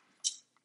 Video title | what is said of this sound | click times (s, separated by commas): 2017-2022 VOLVO V90 5-dr Wagon with Flush Side Rails - Thule's Best Roof Rack Crossbars | and it's four newton meters and then you can feel and hear that click | 0.3 s